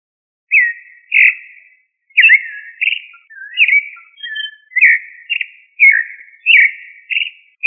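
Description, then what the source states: Thrush giving a series of varied whistled notes, some rising and others falling, with short gaps between them; nothing else can be heard. Thrush of the family Turdidae, called sabiá.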